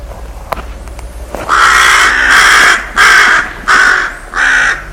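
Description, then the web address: Bird giving several long, grating caws after a few sharp clicks at the start, each call harsh and fairly evenly spaced. "cianscape. Deverinetal 2025. Bird Only"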